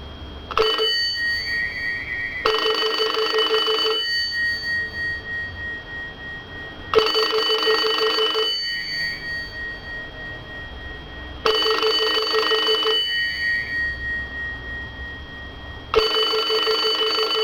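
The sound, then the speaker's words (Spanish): The bell of a 1970s Heraldo rotary desk telephone sold by Citesa, with dial and bell, rings in repeated bursts of rapid metallic clatter, four rings spaced a few seconds apart with short pauses between them, loud and with no voices. “El sonido del teléfono Heraldo, de rueda y campana, se convierte en un sonido casi identitario y familiar.”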